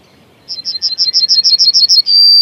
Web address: Kurs PTTK Kurs materiały Przyroda Ptaki Trznadal